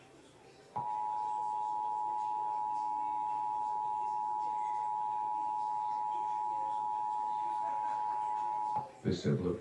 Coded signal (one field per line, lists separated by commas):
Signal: Emergency Alert System (SAME) tones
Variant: 853 and 960 Hz attention tone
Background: speech